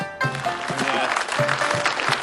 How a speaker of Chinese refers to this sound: 我认为大家的掌声啊主要是给王玉先生鼓的。